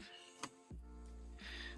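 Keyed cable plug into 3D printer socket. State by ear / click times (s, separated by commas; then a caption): seated / 0.4 s. A uniquely keyed plastic cable plug is pushed into its socket on a Prusa MK4S 3D printer being converted to a CORE ONE. It gives one short, sharp click at 0.4 s over steady background music. The plug is seated.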